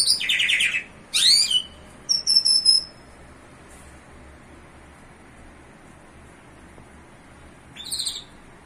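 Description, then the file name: Bimaculated lark calls: a buzzy trill and sharp slurred notes early on, a thin repeated high note, then quiet with one last chirp. In Iran. "iranian sound bimaculated lark"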